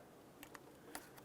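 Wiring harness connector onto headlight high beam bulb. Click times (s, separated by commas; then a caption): 0.9 s. A wiring harness connector is pushed back onto the high beam bulb of a headlight assembly on a 2002–2005 Ford Explorer. Several short, sharp clicks are heard over quiet background noise. The loudest, at 1.0 s, marks the connector seating, and it is then tugged to confirm it is secure.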